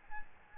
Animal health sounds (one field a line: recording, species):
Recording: mosquito wingbeat signal from an infrared sensor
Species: Aedes albopictus